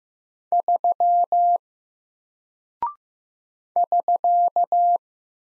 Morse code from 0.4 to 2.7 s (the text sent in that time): 3